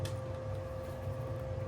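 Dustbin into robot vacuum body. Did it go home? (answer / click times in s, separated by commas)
yes / 0.1 s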